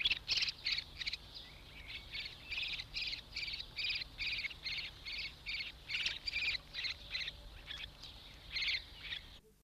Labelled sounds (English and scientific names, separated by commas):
Common Moorhen (Gallinula chloropus) call